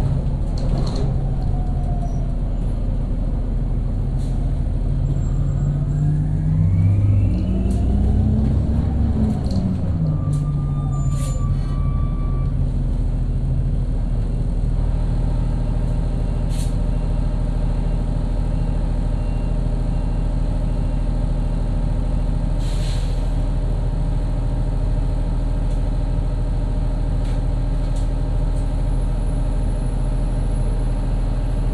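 A bus engine drones low and steady, rising and falling in pitch around seconds six to ten, with scattered clicks and rattles throughout.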